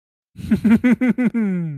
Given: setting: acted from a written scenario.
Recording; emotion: vocal sound without words; elation